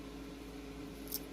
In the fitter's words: And that just goes right into there. It snaps right in.